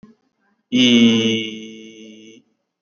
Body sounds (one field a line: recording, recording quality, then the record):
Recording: sustained vowel as in beet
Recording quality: excellent, no background noise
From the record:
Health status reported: COVID-19 positive, mild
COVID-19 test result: positive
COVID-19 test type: RT-PCR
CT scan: taken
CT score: 22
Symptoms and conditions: cough, cold, sore throat, fever, fatigue, muscle pain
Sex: male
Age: 45 years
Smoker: no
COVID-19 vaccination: both doses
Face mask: worn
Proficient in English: yes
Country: India